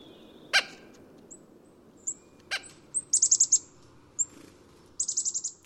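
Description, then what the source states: Chickadee calls: very high, thin notes, some in quick bursts, mixed with a few sharp clicks. Chickadee flitting back and forth for sunflower seeds at a feeder.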